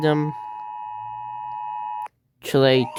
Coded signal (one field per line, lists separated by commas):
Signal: Emergency Alert System (SAME) tones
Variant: 853 and 960 Hz attention tone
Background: speech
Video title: reacting to eas alarms animated series 1-5 original